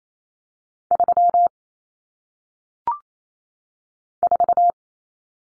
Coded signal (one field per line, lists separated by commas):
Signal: Morse code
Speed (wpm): 28 wpm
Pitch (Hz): 700 Hz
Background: none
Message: 3 4